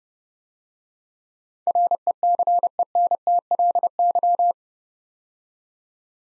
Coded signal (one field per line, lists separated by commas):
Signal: Morse code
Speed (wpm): 30 wpm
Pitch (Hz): 700 Hz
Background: none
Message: RECENTLY